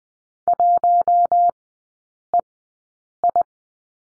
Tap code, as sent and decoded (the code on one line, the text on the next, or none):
none